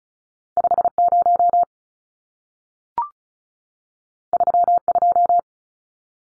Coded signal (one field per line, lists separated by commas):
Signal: Morse code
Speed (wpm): 36 wpm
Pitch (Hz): 700 Hz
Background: none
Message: 50 32